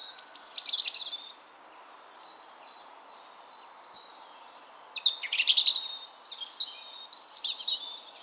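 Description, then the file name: European robin producing a high, rippling phrase, then after a pause a longer sequence of thin whistles and quick trills over a soft background hiss. "Erithacus rubecula"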